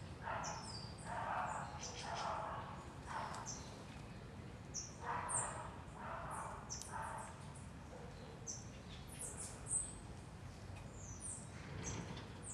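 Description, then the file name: Dog: small dogs barking in two runs of quick barks, with high bird chirps and a low steady hum throughout. Small dogs barking and passing by in a residential block of Asa Norte, Brasília. "Cachorros Pequenos Latindo e Passando em Quadra Residencial da Asa Norte"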